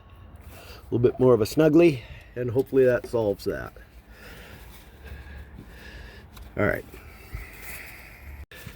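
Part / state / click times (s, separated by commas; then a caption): band clamp on a coolant hose / stripped / 8.5 s. On a 1965 Ford Thunderbird, a band clamp on a leaking coolant hose is tightened to snug it up while someone talks. At 8.5 s the clamp's screw strips out with a sudden loud sound, leaving the clamp stripped.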